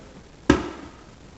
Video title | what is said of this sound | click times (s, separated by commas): Adding Old-work🤔 recessed lighting in a drywall covered ceiling | make sure it snaps in place | 0.5 s